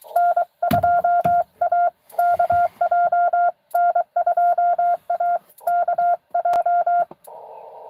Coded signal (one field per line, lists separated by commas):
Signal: Morse code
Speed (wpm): 23 wpm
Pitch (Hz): 700 Hz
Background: none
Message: N2AKJ N2AKJ